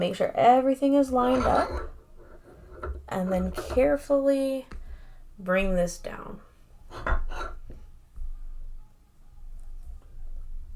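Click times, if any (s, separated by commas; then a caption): none. Someone talks while lining up a metal rivet on a sewn fabric crossbody bag with metal rivet hardware, then carefully brings a press or setting tool down onto it. Only speech and faint handling sounds are heard, and the rivet has not yet popped into place or seated by the end.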